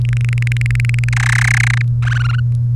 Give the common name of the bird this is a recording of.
Domestic Canary